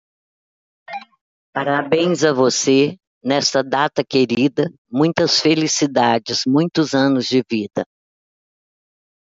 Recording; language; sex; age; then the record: short text; Brazilian Portuguese; female; 60 to 69 years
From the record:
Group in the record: control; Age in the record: 64 years